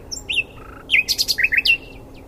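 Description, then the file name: Common nightingale song: short whistled slurs, a brief low trill and a burst of quick repeated high notes, varied and jerky in pattern. "Luscinia megarhynchos"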